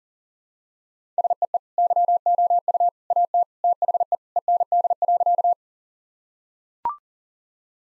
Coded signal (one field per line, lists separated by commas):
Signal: Morse code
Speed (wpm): 40 wpm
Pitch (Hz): 700 Hz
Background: none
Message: SEE YOU AT THE END.